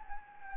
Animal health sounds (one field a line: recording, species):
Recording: mosquito wingbeat signal from an infrared sensor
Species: Anopheles gambiae